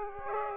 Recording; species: mosquito wingbeat signal from an infrared sensor; Aedes aegypti